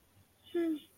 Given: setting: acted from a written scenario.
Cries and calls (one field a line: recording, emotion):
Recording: vocal sound without words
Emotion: sympathy